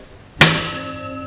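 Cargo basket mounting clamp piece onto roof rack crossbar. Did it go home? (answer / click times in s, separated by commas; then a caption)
yes / 0.4 s. The lower mounting piece of a Rola 59504 roof cargo basket clamp is fitted under the roof rack crossbar of a 2017 Subaru Forester XT. After a quiet start, it snaps into place with a single loud thunk at 0.4 s, followed by a ringing metallic decay with sustained tones. The piece seats firmly on the crossbar.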